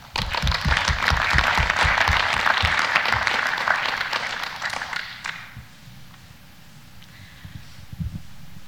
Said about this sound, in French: Donc j'aimerais qu'on applaudisse aussi les organisatrices pour ce merveilleux travail et ce très intéressant colloque.